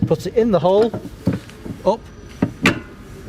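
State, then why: Seated. Someone talks as a detachable steel towbar neck is pushed up into its receiver socket under a VW California van. A sharp transient comes at 2.4 s, then a loud, solid click at 2.7 s as the towbar locks in place, fully seated.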